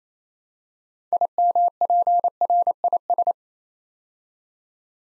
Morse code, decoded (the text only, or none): IMPRIS